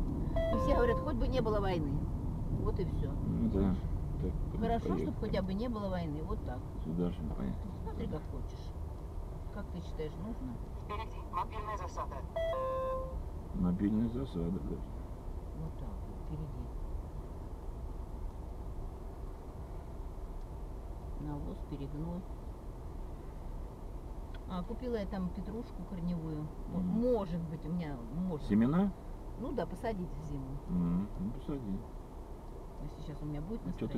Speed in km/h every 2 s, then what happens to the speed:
28, 23, 17, 11, 8, 6, 7, 6, 6, 5, 6, 4, 2, 1, 2, 3, 2.
0-7 slows to 8. 7-23 steady at about 6. 23-28 standing. 28-34 steady at about 2.